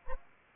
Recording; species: mosquito wingbeat signal from an infrared sensor; Anopheles arabiensis